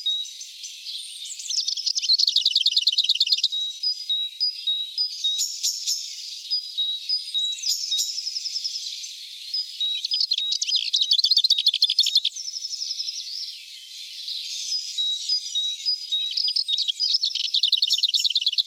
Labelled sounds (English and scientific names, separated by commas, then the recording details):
Lesser Whitethroat (Sylvia curruca) song
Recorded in the wild
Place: Spieka-Neufeld/Cuxhafen, Schleswig-Holstein, DE
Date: 1979-05-19
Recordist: Schwarz, Dieter